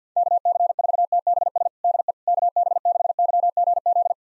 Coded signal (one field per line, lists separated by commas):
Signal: Morse code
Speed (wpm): 50 wpm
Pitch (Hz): 700 Hz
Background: none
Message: KC4TBS DE KB6YGZ